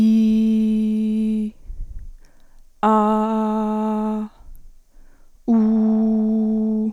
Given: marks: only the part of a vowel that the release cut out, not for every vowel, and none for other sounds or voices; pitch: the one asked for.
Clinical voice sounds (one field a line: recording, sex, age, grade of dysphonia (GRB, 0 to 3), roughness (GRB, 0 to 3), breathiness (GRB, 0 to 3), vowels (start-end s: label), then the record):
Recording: sustained vowels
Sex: female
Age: 40 to 49 years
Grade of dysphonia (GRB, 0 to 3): 2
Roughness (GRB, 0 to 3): 0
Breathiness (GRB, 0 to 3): 0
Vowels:
0.00-1.43 s: vowel /i/, normal pitch
2.88-4.17 s: vowel /a/, normal pitch
5.58-6.80 s: vowel /u/, normal pitch
From the record:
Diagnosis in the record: dysphonia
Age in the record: 41 years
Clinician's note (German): Postlaryngitische Dysphonie